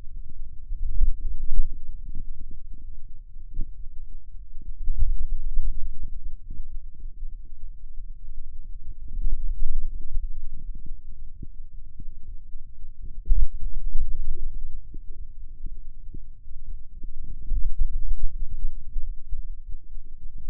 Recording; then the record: forearm muscle sounds (acoustic myography)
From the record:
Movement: hand opening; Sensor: system 2, bracelet of six BSWA MPA416 microphones around the upper forearm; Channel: 5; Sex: male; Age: 22 years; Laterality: right